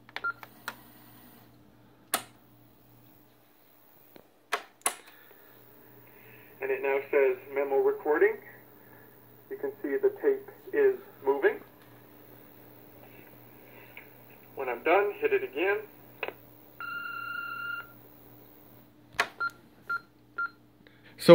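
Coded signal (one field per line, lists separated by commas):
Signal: beep code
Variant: Panasonic answering machine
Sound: voice playback, then three short evenly spaced mid-pitched beeps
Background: speech, small room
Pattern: 3 short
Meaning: End of the messages; press again within 10 seconds to replay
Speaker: it sounds the three beeps to mean that that's the end of the messages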